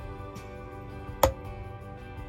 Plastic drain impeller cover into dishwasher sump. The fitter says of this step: I just heard it click again let's do it again